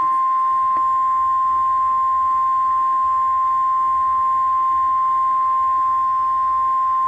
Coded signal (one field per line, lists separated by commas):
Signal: Emergency Alert System (SAME) tones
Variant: 1050 Hz attention tone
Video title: EAs Severe Thunderstorm Warning For my county